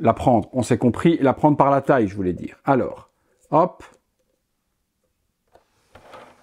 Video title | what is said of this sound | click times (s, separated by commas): UNE CATASTROPHE !!! Beauty And The Beast Deluxe Version Iron Studios 1/10 Scale | Ben là, ça s'emboîte pas non plus. | none